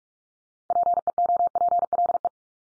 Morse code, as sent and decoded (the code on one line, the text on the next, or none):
.--. . --- .--. .-.. .
PEOPLE